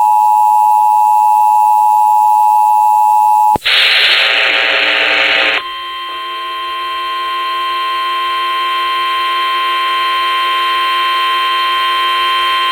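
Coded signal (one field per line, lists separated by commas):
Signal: Emergency Alert System (SAME) tones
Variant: 853 and 960 Hz attention tone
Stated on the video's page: Tornado warning received on KFBK-AM via live stream.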